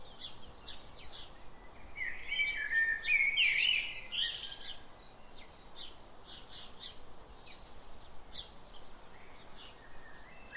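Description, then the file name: Common blackbird song: a warbled, fluty phrase early on, with many high thin chirps throughout. "Turdus merula"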